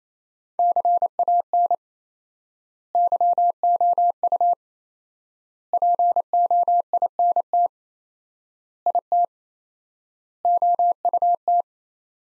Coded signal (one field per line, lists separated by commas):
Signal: Morse code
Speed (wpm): 28 wpm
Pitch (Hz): 700 Hz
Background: none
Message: CAN YOU POINT IT OUT